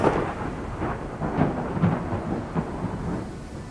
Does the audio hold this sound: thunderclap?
yes